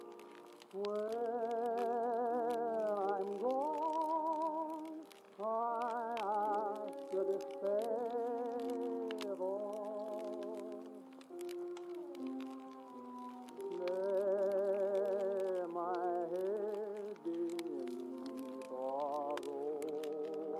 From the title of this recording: oldies playing in another room and it's snowing (crackling fireplace & blizzard)